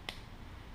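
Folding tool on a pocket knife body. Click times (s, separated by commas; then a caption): 0.1 s. A tool on a red Swiss Army "Rucksack" pocket knife is opened and snaps into place on the knife body with a single crisp click at 0.1 seconds, which marks it as a genuine knife. The click is a short, sharp transient over quiet background hiss, and the tool is seated.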